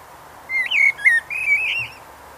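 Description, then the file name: Eurasian blackbird singing a slow, liquid, whistled warble of several gently wavering fluted notes, without a twittering ending. "Turdus merula"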